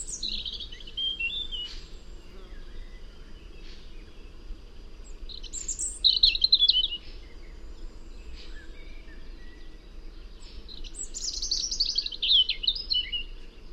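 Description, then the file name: European robin singing repeated short high phrases of squeaky whistles and fast trills, each burst followed by a pause, against a constant low background rumble. "Erithacus rubecula"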